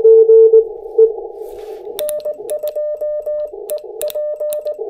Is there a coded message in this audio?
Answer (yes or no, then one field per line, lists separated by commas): yes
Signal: Morse code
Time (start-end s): 2.0-4.7 s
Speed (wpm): 19 wpm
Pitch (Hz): 600 Hz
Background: none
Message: N2EP